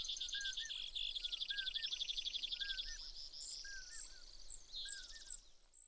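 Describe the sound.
Brewer's sparrow song, rapid high buzzy trills over steady background hiss, with a lower slurred whistle repeated by another bird.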